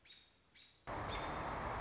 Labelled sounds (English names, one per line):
American Robin